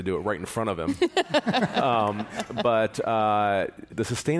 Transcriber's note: laughter